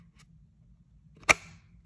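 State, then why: Seated. A pistol with a weapon light is pushed into a molded Kydex holster and seats with a single sharp click at 1.3 seconds, the weapon light catching on the holster. A faint tick comes just before it, the click rings briefly, and the rest of the clip is a low, quiet rumble.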